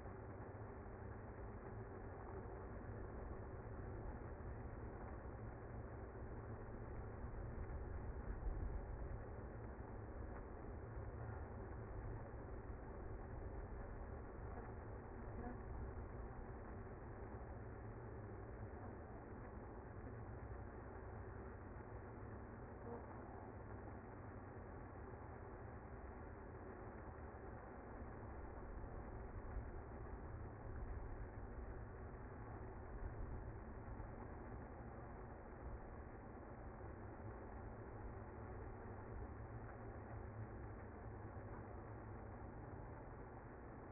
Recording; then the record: honeybee colony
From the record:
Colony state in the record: active